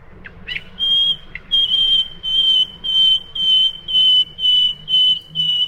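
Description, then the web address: Common nightingale song: a pure, steady whistle at one pitch repeated about twice a second, after a few short sharp notes, over a low background hiss. "birdsong nightingale"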